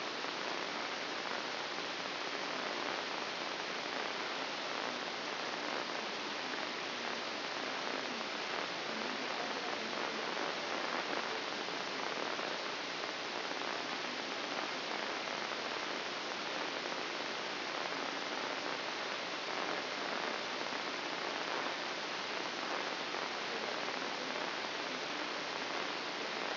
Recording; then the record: brain microelectrode recording played as sound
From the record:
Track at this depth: inside the subthalamic nucleus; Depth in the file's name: 6.904 mm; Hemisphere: left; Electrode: 2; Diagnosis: Parkinson's disease